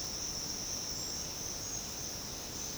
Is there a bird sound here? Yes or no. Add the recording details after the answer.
no. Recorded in secondary vegetation near Puerto Asís, Putumayo, Colombia, on 19 March 2025 at 08:30. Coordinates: 0.484, -76.319. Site G010